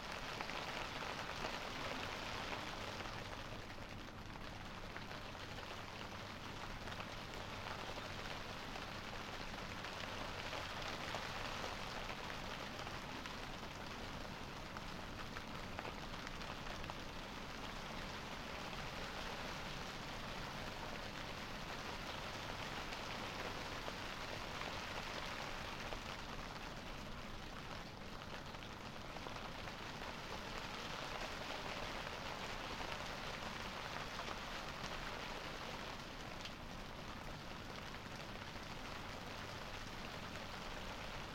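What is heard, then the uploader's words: Gentle rain falls steadily over a quiet garden, a dense, even patter that holds at the same level throughout. The sound is soft, with a faint low hum underneath and slight brightenings in the hiss around a few moments. Garden rain as winter turns to spring. This week we retire behind the secluded walls of a little garden, at the back of a small suburban terraced house. The sound feel of gentle rain, falling on an empty garden, in the quiet hours, when almost everyone is asleep. Its where we post the mics, on a tripod, so they can hear everything, evenly.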